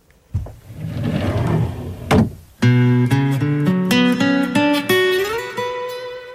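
A wooden drawer scrapes open with a rough, sliding rumble lasting about two seconds, ending in a soft knock, and then a bright melodic tune with sustained plucked notes takes over.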